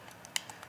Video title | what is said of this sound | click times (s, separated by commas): SPK3 Fieldpiece IR /Probe Thermometer Review | and the cover just snaps back into place and then you | 0.4 s